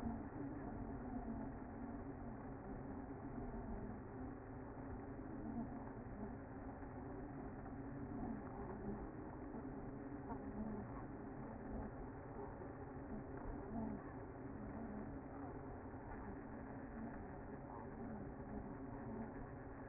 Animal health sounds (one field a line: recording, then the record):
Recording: honeybee colony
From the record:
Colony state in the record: active